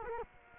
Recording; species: mosquito wingbeat signal from an infrared sensor; Culex quinquefasciatus